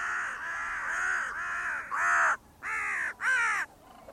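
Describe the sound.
Bird producing a run of wavering, rasping notes that ends in a few clipped caws.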